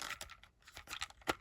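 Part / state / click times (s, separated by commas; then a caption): plastic engine piece into toy landspeeder body / seated / 1.3 s. A separate plastic engine piece is lined up and pushed into the body of a plastic Star Wars TVC toy landspeeder, with a series of short scratchy, crinkly plastic clicks and rustles. A sharp, louder snap at 1.3 s marks the engine seating into place, completing the assembly.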